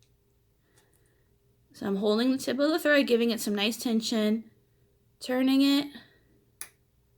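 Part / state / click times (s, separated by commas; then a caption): bobbin onto sewing machine bobbin winder spindle / seated / 6.6 s. A plastic bobbin is turned by hand on the bobbin winder spindle of a Janome Skyline S9 sewing machine while the thread tip is held for tension. Someone talks, then a sharp click sounds at 6.6 s as the bobbin seats onto the spindle.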